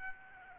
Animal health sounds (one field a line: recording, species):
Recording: mosquito wingbeat signal from an infrared sensor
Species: Aedes aegypti